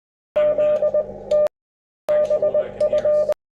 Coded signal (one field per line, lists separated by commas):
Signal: Morse code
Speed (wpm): 20 wpm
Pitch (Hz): 600 Hz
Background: none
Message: ZT BF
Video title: 2024 ZL4AA G2SZ 100 Years of HF global communications